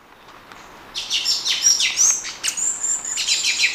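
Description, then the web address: Ochre-breasted tanager giving dense, harsh chattering calls, a run of rapid, uneven notes that follows a quiet start and lasts most. Ecuador. "Natures Songs S America Birds of Ecuador Ochre-breasted Tanager"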